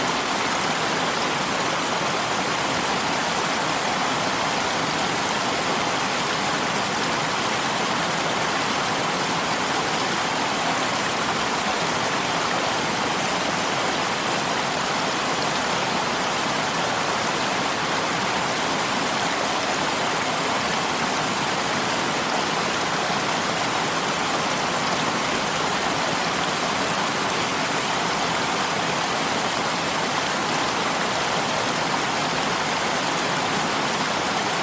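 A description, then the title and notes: A waterfall pours steadily into a stream, a dense, unbroken rush of water that holds the same level from start to finish. The sound is full and hissing, bright at the top with a softer low wash beneath, and no separate events stand out. Relaxing Waterfall White Noise With Stream Water Sounds.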